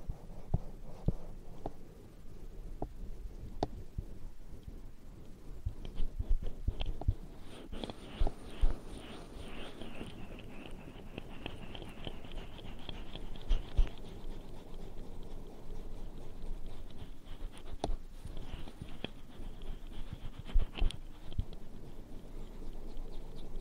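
Ear cleaning and ear massage sounds: dense, scratchy rubbing and crackling continue throughout, with sharp ticks and pops every second or so. From about seven seconds a brighter, hissing swish rises and falls in waves, fading near twelve seconds and briefly returning around eighteen.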